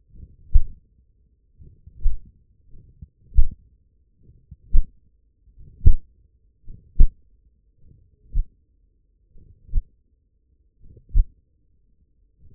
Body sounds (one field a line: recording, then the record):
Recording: forearm muscle sounds (acoustic myography)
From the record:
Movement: hand closing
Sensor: system 1, eight BSWA MPA416 microphones around the upper forearm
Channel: 5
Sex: male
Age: 42 years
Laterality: right